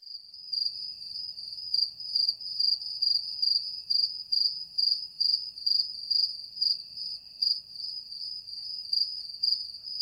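Cricket chirping: high, pure trilled pulses in quick bursts, about two chirps each second, steady and rhythmic throughout.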